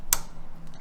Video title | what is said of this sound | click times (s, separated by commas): An update on my Vintage Honda CB500 | really clicks into place solidly | 0.1 s